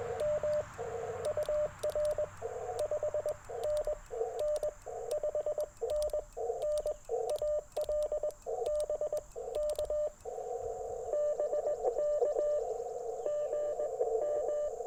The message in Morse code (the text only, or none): M UR 5NN 5NN AL BK BK GM